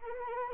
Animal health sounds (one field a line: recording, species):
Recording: mosquito wingbeat signal from an infrared sensor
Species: Anopheles arabiensis